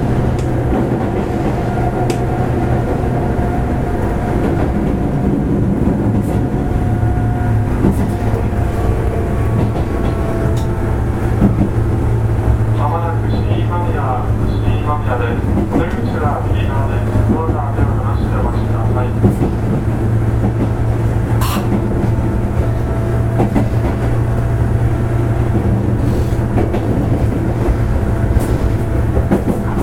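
Running sound of a JR 103 series electric train on the loop line, a steady low rumble and hum that holds even throughout. Between about 13 and 19 seconds a wavering whine rises and falls over it, with a few sharp clicks scattered across the recording.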